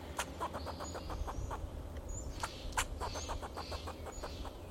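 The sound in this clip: Fox squirrel calling in fast bursts of dry, clicking pulses, several runs in quick succession, above low background droning.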